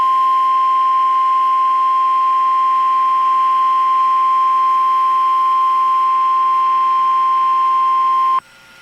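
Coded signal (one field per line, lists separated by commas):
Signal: Emergency Alert System (SAME) tones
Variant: 1050 Hz attention tone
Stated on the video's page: Personal captures of real EAS alerts.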